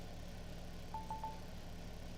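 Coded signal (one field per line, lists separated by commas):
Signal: none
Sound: a stream's chime beeps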